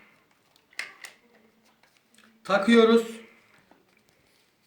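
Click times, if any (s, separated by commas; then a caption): none. The plastic rear protective cover of a hair dryer is handled at its housing, with faint plastic taps and rustles around 0.8 s and 1.0 s before someone talks briefly from about 2.4 to 3.3 s. Nothing has seated or clicked yet; the clip ends just before the cover snaps home.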